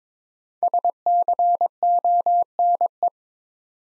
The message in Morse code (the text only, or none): SCONE